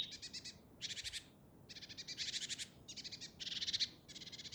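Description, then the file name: Great tit scolding chatter: short bursts of rapid, harsh ticking notes, high-pitched, repeated in quick runs with brief gaps, over faint low background hiss. "Parus major"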